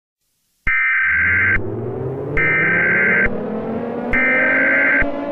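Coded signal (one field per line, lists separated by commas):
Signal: Emergency Alert System (SAME) tones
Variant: header bursts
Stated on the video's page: Simulated EAS scenario for a fictional Arctic tsunami.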